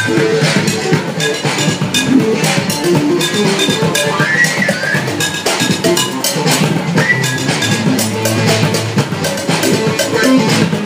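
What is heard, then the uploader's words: Drums and an iPad play together in a dense, steady groove, with quick repeated hits and a few bright tones rising above the thick low rumble. Drums and iPad at Downtown San Francisco by Blogowitz.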